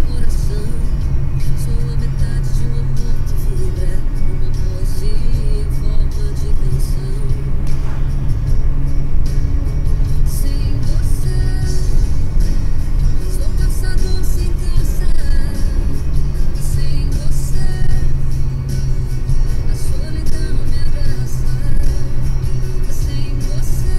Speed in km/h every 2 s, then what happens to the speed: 93, 89, 89, 92, 96, 95, 97, 96, 92, 89, 89, 88.
4-13 speeds up to 97. 13-24 slows to 88.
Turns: none.